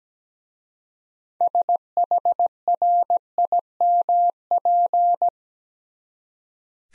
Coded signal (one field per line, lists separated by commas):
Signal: Morse code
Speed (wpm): 17 wpm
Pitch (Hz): 700 Hz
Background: none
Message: SHRIMP